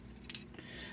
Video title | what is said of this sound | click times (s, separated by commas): Chuck's Reviews Takara Tomy Job Braver Police Braver and Medi Braver | part is going to slide into i'm going to do that until it snaps into place | 0.4 s